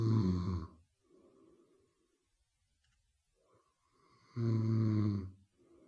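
Snoring from a sleeping adult: two loud, low-pitched snores about four seconds apart, with quieter breathing between them.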